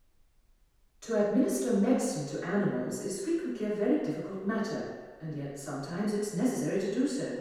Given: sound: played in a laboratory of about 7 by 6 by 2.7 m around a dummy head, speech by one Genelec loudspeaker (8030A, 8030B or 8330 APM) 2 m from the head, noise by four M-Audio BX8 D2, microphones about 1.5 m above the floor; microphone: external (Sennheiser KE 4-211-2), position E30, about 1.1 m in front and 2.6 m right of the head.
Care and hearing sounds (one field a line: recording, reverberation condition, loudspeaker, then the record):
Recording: female speech in English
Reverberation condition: high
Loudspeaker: 150 degrees to the left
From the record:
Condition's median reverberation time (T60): about 1300 ms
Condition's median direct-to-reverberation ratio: about -4.0 dB